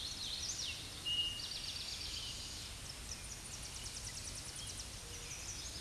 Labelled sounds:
Eastern Towhee song

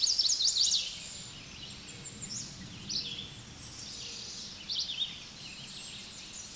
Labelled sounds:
American Redstart song

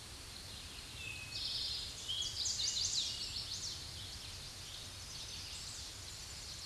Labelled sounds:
Chestnut-sided Warbler song

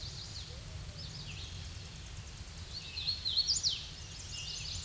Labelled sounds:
Hooded Warbler song

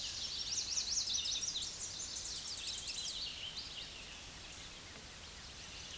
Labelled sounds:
Tennessee Warbler song

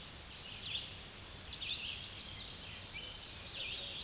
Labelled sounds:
American Redstart song

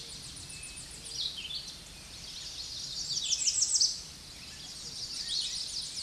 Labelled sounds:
American Redstart song

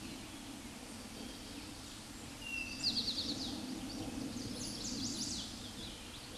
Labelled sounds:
Chestnut-sided Warbler song

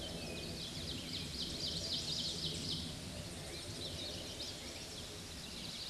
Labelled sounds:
Ovenbird song

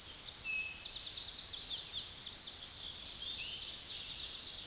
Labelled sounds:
Tennessee Warbler song

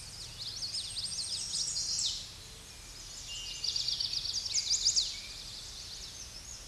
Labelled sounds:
Chestnut-sided Warbler song

